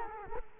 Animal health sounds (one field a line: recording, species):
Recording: mosquito wingbeat signal from an infrared sensor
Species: Culex quinquefasciatus